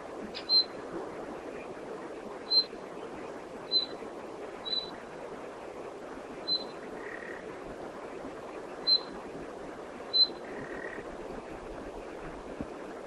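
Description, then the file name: Common nightingale: short, high, whistled notes repeated at irregular intervals, with a few lower drawn-out notes between. "Luscinia megarhynchos"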